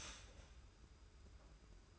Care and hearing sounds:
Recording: daily activity, microphone in the room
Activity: start toaster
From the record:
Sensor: 2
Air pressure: 991.5 hPa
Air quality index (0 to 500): 188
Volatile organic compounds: 1000 ppm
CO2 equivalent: 6159 ppm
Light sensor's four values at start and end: 32/97/38/36 and 32/97/38/36

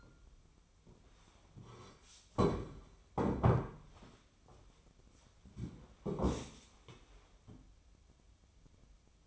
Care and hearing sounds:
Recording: daily activity, microphone in the room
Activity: sit down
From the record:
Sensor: 1

